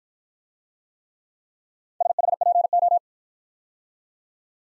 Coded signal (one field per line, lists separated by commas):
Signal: Morse code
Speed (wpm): 50 wpm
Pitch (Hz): 700 Hz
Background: none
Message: SHPO